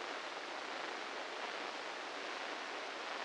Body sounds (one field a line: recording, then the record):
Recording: brain microelectrode recording played as sound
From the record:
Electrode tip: inside the subthalamic nucleus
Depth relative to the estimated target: -5 mm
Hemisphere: left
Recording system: NeuroSet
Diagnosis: Parkinson's disease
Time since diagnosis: 8 years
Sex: male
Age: 58 years